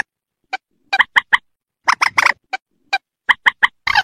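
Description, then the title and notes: Rail uttering short harsh notes, singly and in clusters, with a final raspy burst. "Kicau Burung Mandar"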